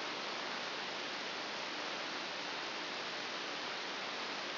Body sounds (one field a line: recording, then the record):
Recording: brain microelectrode recording played as sound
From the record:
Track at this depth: outside the subthalamic nucleus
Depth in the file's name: 7.001 mm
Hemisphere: right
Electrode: 2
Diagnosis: Parkinson's disease